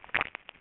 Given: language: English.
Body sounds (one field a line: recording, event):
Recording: throat vibration sensor signal played as sound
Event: swallow